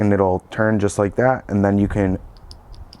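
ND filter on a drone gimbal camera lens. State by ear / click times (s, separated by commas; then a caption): released / 2.5 s, 2.7 s, 2.9 s. Someone talks while an ND filter on the gimbal camera lens of a DJI Mavic 2 Pro drone is twisted counterclockwise to remove it, with the camera held gently. Sharp ticks come at 2.5, 2.7 and 2.9 seconds as the filter clicks loose and is released.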